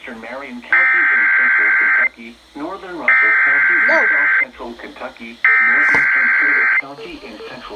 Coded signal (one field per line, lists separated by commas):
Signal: Emergency Alert System (SAME) tones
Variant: header bursts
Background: speech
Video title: Severe Thunderstorm Warning (SVR) EAS 287- 296